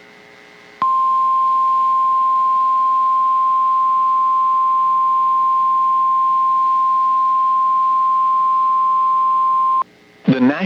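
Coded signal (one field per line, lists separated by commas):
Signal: Emergency Alert System (SAME) tones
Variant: 1050 Hz attention tone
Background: speech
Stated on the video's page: Severe Thunderstorm Warning said to contain valid EAS tones.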